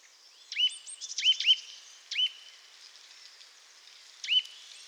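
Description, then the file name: Eurasian nuthatch: scattered sharp upswept calls in small bursts at irregular intervals, over faint high background chatter. "Sitta europaea"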